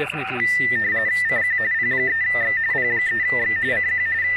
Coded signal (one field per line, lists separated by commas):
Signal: RTTY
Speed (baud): 45.45 baud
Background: speech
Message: CQ P3X P3X CQ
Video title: Is JS8Call Good For Prepping? Part 2, With PRC-320.